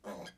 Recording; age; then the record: pig call; piglet (1 to 25 days)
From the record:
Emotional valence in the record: negative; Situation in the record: restrain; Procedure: back test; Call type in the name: low-frequency call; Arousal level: medium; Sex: male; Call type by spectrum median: low-frequency call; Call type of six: mixed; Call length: 0.38 s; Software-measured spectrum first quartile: 437 Hz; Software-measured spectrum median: 791 Hz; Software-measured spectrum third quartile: 2072 Hz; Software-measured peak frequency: 514 Hz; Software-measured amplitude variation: 169 dB a second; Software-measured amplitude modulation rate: 17.1 a second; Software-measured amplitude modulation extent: 9.9 dB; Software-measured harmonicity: 1.1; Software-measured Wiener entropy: -1.45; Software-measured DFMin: 891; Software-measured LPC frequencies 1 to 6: 645, 1515, 3224, 4068, 4912, 6222 Hz